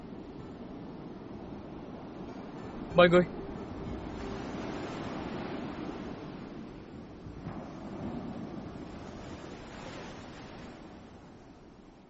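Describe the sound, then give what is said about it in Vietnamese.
Strong sea wind and rolling waves heard from a ship's cabin fill the whole stretch with broad, surging noise, swelling and easing in long gusts, while a brief sharp knock or clatter stands out about three seconds in. “Quỷ ngà sư phụ, bên ngoài gió lớn, người hãy vào trong khoang đi.”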